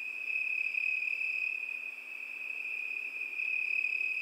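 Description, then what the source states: Crickets in a constant high, buzzing-ringing chorus, briefly dipping in loudness around the middle. Crickets at night.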